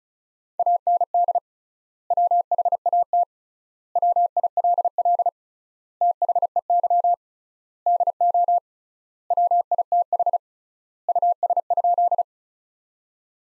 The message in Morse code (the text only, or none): AND WHAT WILL THEY DO WITH US?